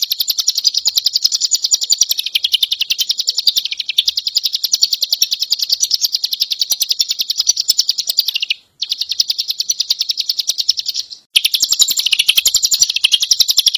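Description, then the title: Leafbird song: a dense, continuous stream of high, scratchy chattering notes with fast pulses, broken by two brief pauses; no other sounds. Indonesian local name cigun; the bird is described as gacor, singing vigorously and continuously. "Cigun Gacor By Kicauan.net"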